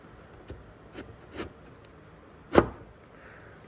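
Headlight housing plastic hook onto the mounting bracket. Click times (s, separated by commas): 2.6 s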